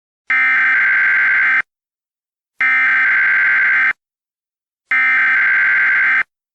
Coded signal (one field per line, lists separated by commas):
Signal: Emergency Alert System (SAME) tones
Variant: header bursts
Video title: EAS Scenario: Smelted